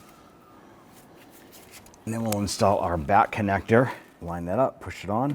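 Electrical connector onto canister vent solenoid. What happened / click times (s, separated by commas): The connector is being handled and has not clicked home yet / none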